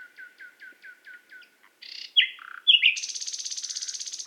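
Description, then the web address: Nightingale song opening with soft evenly spaced notes, then harsh buzzy bursts and a loud rapid high-pitched trill to the end. Recorded in Qatar. "qatar birds qatar birds presentation extracts nightingale"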